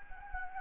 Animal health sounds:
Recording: mosquito wingbeat signal from an infrared sensor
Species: Anopheles gambiae

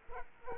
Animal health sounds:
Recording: mosquito wingbeat signal from an infrared sensor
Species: Aedes aegypti

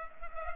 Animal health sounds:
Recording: mosquito wingbeat signal from an infrared sensor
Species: Culex pipiens

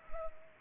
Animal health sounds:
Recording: mosquito wingbeat signal from an infrared sensor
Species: Culex pipiens

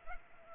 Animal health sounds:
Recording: mosquito wingbeat signal from an infrared sensor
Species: Culex pipiens

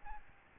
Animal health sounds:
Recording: mosquito wingbeat signal from an infrared sensor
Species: Aedes albopictus

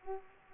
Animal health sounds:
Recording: mosquito wingbeat signal from an infrared sensor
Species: Aedes aegypti

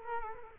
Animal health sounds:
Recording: mosquito wingbeat signal from an infrared sensor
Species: Culex quinquefasciatus

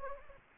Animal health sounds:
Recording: mosquito wingbeat signal from an infrared sensor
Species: Anopheles gambiae

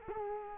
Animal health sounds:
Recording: mosquito wingbeat signal from an infrared sensor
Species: Culex quinquefasciatus

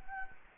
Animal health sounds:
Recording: mosquito wingbeat signal from an infrared sensor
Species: Anopheles gambiae

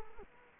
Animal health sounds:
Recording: mosquito wingbeat signal from an infrared sensor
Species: Culex quinquefasciatus

